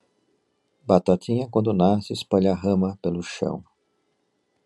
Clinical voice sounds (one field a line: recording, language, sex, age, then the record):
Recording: short text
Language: Brazilian Portuguese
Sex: male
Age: 60 to 69 years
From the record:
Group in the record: control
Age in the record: 67 years